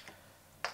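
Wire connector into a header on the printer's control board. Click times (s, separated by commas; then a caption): 0.6 s. A green ground wire connector is pushed into its header on the control board in the base electronics of a SeeMeCNC Rostock Max v3.2 3D printer kit. A faint tick comes at 0.1 s, then a sharp click at 0.6 s as the connector seats.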